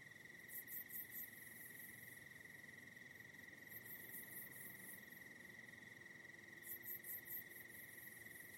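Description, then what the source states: Crickets give a constant shrill trill while separate pulsing chirp bursts come and go. Soft night ambience of crickets in the Hollywood Hills.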